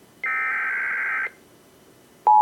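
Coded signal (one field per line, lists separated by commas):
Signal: Emergency Alert System (SAME) tones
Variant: header bursts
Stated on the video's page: Local area emergency relayed through a SAGE EAS ENDEC, audio supplied by another enthusiast.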